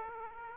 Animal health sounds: mosquito wingbeat signal from an infrared sensor; Aedes aegypti

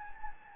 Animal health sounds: mosquito wingbeat signal from an infrared sensor; Anopheles gambiae

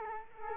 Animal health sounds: mosquito wingbeat signal from an infrared sensor; Culex quinquefasciatus

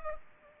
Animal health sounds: mosquito wingbeat signal from an infrared sensor; Culex pipiens

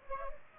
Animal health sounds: mosquito wingbeat signal from an infrared sensor; Aedes aegypti

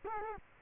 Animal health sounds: mosquito wingbeat signal from an infrared sensor; Culex quinquefasciatus

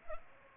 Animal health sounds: mosquito wingbeat signal from an infrared sensor; Culex pipiens

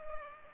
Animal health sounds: mosquito wingbeat signal from an infrared sensor; Culex pipiens

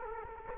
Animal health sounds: mosquito wingbeat signal from an infrared sensor; Culex quinquefasciatus

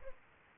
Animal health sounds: mosquito wingbeat signal from an infrared sensor; Aedes aegypti

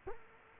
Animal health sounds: mosquito wingbeat signal from an infrared sensor; Culex quinquefasciatus

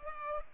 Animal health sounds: mosquito wingbeat signal from an infrared sensor; Culex pipiens

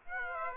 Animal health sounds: mosquito wingbeat signal from an infrared sensor; Aedes aegypti

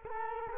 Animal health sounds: mosquito wingbeat signal from an infrared sensor; Culex quinquefasciatus

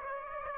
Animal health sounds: mosquito wingbeat signal from an infrared sensor; Aedes aegypti

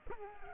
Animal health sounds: mosquito wingbeat signal from an infrared sensor; Culex pipiens

